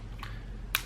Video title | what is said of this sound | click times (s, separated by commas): Nintendo Switch Unboxing REAL - Console, Controllers, Games, Comparisons | that nice little click action there. | 0.8 s